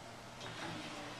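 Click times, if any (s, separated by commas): none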